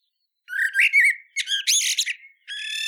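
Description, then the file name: Eurasian blackbird calls: a burst of squeaky, harmonic-rich notes with a scratchy chatter in the middle, ending on a steady tone; no other sounds. "Turdus merula"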